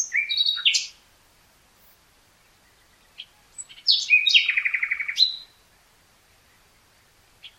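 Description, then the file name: Common nightingale song: a quick chirping phrase, a pause, then a whistle and a fast, evenly repeated rattle of notes. "Luscinia megarhynchos"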